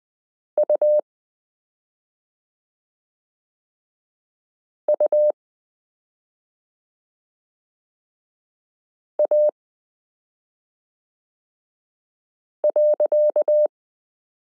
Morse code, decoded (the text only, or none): UUA.